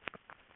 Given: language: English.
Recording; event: throat vibration sensor signal played as sound; swallow